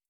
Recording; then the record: hydrophone in a shrimp aquaculture tank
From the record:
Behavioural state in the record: starved